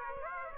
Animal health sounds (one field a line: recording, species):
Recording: mosquito wingbeat signal from an infrared sensor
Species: Aedes aegypti